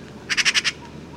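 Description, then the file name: Eurasian magpie giving a single quick rattle of five harsh, evenly spaced pulses. "Pica pica"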